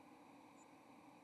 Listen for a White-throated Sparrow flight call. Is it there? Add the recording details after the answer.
no. Another species' flight call is heard. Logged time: 10:27 on 30 October 2014